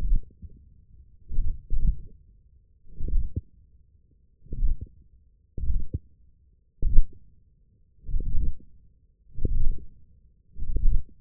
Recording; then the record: forearm muscle sounds (acoustic myography)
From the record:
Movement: hand closing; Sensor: system 1, eight BSWA MPA416 microphones around the upper forearm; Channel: 5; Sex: male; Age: 20 years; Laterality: left